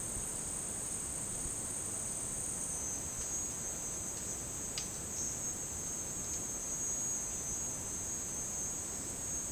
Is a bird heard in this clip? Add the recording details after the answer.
no. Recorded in dense forest near Puerto Asís, Putumayo, Colombia, on 24 June 2025 at 11:00. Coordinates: 0.499, -76.324. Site G100